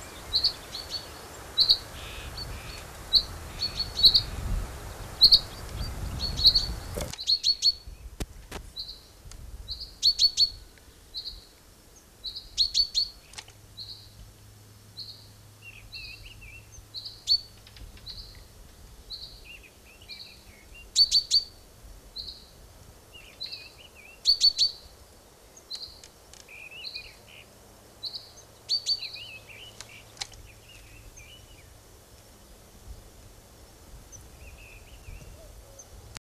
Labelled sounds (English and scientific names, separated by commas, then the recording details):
Common Chaffinch (Fringilla coelebs) call, Common Blackbird (Turdus merula), Common Cuckoo (Cuculus canorus)
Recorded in the wild
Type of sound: call
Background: Turdus merula, Cuculus canorus
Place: Montreux, Kanton Waadt, CH
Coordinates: 46.4586, 6.94
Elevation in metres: 1165
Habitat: mountains
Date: 1986-05-20
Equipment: Uher 4000 Report, Sennheiser MKH 815 T
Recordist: Tretzel, Erwin
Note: oberhalb Sonloup beim verlassenen Bauernhof, bei Montreux, Schweiz: Rufe